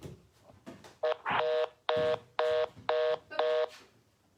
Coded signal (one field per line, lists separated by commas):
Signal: telephone call progress tone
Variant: North America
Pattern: reorder tone